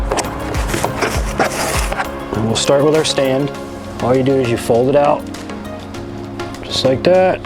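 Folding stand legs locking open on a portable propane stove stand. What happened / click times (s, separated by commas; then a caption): Handled, not yet home: folding stand legs being unfolded, no lock heard yet / none. Someone talks over background music while unfolding the metal legs of the folding stand for an Ozark Trail 4 in 1 portable propane stove, which runs on a regular 1-pound tank. Short knocks and handling taps are heard near the start and again around 5.5 to 6.4 seconds. The clip ends before the legs lock open; nothing has seated or clicked yet.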